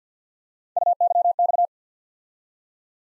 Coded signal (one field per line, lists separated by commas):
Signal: Morse code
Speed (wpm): 50 wpm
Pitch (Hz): 700 Hz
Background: none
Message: UYX